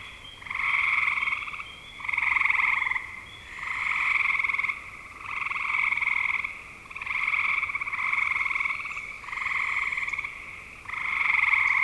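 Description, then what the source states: Frog chorus with rhythmic rattling trills, each roughly a second long and repeated regularly, a faint high chirp early on. Spring 2025.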